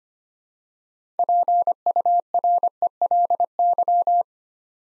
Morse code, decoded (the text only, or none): PURELY